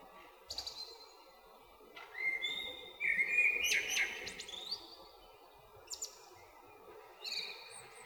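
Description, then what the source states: Eurasian blackbird singing, mellow whistled phrases near mid pitch that slide and waver, some ending in thin high twittering, with pauses between phrases and a faint background hiss. Recorded 21 February 2023.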